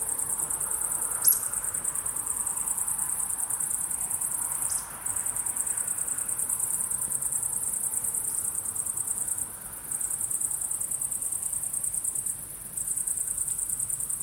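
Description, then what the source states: High-pitched cricket trilling, fast and pulsed, drops out briefly three times and returns, with a single sharp tick early on. Crickets at sunset.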